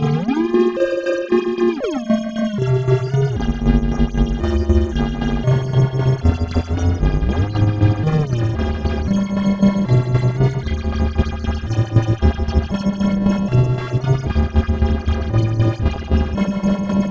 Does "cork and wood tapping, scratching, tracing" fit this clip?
no